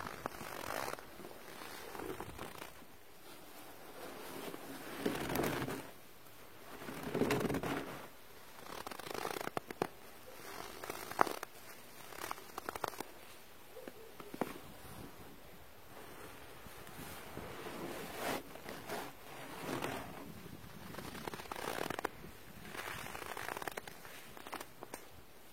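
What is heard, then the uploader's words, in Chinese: Sounds of snow: a continuous crunching and rustling texture, with louder swells of crunching near 2, 5, 7, 12 and 20 seconds, like steps or packing snow. Short crackles and pops are scattered throughout, over a constant faint hiss. 还记得雪的声音吗？｜白噪音。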